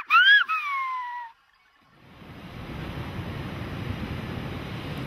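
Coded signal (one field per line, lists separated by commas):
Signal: whistled language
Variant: Silbo Gomero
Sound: two short gliding whistles rising then falling, followed by steady rushing surf noise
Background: ocean surf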